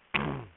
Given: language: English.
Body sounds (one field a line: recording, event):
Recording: throat vibration sensor signal played as sound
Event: throat clearing